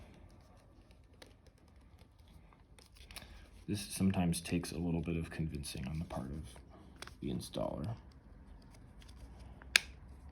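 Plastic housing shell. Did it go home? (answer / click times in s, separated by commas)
yes / 9.8 s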